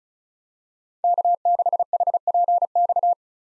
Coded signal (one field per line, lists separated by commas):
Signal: Morse code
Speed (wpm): 36 wpm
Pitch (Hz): 700 Hz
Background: none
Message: K6HPX